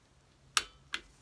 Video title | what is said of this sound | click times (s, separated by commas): 71 VW oil strainer and fix for 6 MM slipped threads in engine case | the click that's the sound of five foot-pounds there | 0.6 s